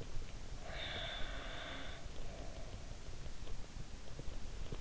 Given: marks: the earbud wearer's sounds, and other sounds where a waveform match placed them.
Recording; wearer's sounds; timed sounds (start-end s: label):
sounds in sleep by an in-ear microphone; snoring breath
0.53-3.12 s: snoring breath